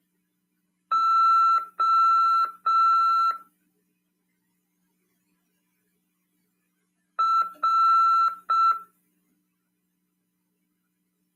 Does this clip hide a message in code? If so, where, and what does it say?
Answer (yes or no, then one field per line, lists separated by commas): yes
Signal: Morse code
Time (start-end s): 0.9-8.7 s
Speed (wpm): 6 wpm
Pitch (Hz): 1340 Hz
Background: none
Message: O R